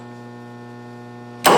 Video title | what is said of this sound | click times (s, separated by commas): Aeroquip reusuable fitting assembly machine demo | this, right there, you hear it lock in. | 1.5 s